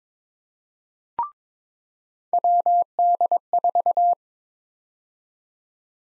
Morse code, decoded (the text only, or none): WD4